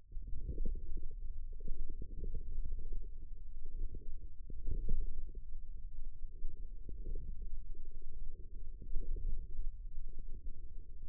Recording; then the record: forearm muscle sounds (acoustic myography)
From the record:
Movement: forearm supination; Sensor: system 1, eight BSWA MPA416 microphones around the upper forearm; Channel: 6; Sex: male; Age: 28 years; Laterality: right